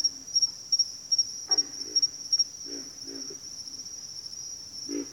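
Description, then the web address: Pig frogs grunt in a few brief low bursts under a pulsing high insect buzz. Pig frogs calling in a bayou. "Nature Sounds The Natural Sounds of the Wilderness Echoes of Nature - Bayou Pig Frogs"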